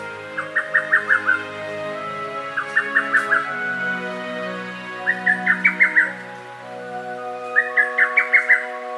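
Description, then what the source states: Lesser cuckoo with repeated short song phrases, each a fast burst of about six loud notes, four phrases in succession above a continuous low droning hum. Recorded in Rikugien garden, Tokyo, Japan.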